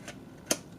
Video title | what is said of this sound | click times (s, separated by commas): Ring Doorbell 2 review, install and how it works | Pops right in. | 0.5 s